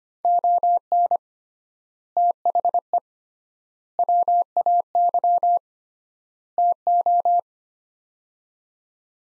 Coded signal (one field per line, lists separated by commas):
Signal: Morse code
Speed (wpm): 25 wpm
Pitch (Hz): 700 Hz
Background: none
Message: ON THE WAY TO